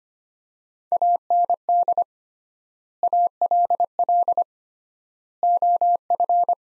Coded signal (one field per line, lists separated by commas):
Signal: Morse code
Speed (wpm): 25 wpm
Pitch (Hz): 700 Hz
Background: none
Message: AND ALL OF